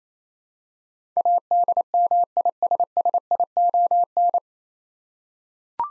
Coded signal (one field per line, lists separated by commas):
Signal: Morse code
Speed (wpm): 29 wpm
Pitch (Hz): 700 Hz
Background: none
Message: ADMISSION